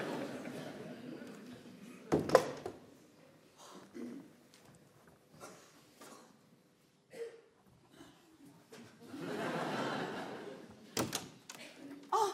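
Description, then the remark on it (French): An apartment door is pushed shut with a sharp wooden bang, followed by quiet shuffling and rustling, then a second hard thud of the door closing near the end. “Je me disais bien, il n'a pas eu le temps de rentrer dans l'appartement que je lui ai refermé la porte au nez.”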